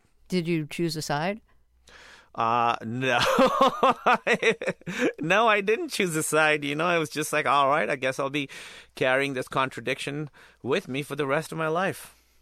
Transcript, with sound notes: Did you choose a side?
No. (laughter) No, I didn't choose a side. You know, I was just like, all right, I guess I'll be carrying this contradiction with me for the rest of my life.